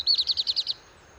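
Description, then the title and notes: Black redstart giving a brief series of several quick, evenly repeated high notes that stop abruptly. First black redstart of the season, singing early in the morning on 19 March 2019 at Val Maravel, Drôme, France, perched atop a large lime tree; crumpled song; recorded with a parabolic dish. "Val Maravel - Drôme. chant du Rouge-queue noir"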